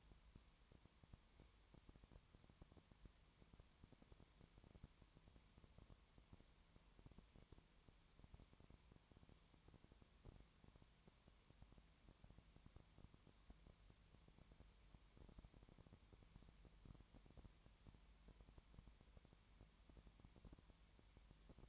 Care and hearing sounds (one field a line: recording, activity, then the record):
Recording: daily activity, microphone in the room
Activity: no activity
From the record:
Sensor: 3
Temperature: 20.5 degrees Celsius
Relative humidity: 32.9%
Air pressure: 1003.2 hPa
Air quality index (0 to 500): 106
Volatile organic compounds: 2 ppm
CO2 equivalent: 1072 ppm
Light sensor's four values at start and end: 2/3/2/2 and 2/3/2/2